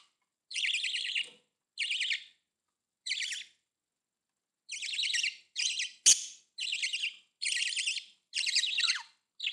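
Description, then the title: Budgerigar calls, harsh buzzy chirps in short bursts repeated with brief gaps, one sharp click midway. "Budgie Sounds"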